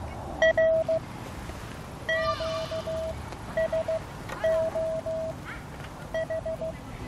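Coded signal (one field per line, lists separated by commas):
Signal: Morse code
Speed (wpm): 14 wpm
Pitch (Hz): 650 Hz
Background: none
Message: R QSO H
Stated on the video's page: Received on a PL-368 radio.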